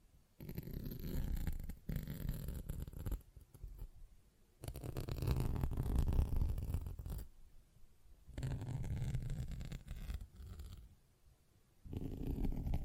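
A sponge is worked in repeated strokes, each a rough, scratchy rubbing that lasts one to three seconds, with short silences between. The strokes come at about 0.4, 1.9, 4.6, 8.4 and 11.9 seconds, low and full-bodied with a dry, gritty hiss on top.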